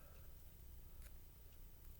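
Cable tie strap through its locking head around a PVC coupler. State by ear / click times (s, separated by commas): not seated / none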